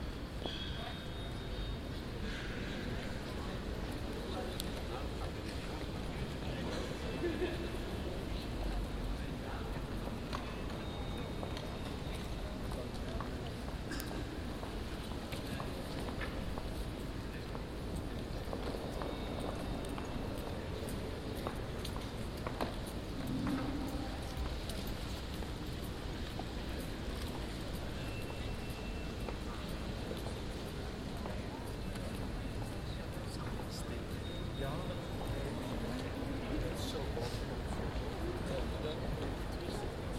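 An indoor atrium at the end of the working day, filled with a steady, dense murmur of voices and footsteps. The din stays even throughout, mostly low and muffled, with brief clicks, knocks and scattered brighter sounds rising now and then from the wash.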